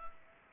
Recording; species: mosquito wingbeat signal from an infrared sensor; Culex pipiens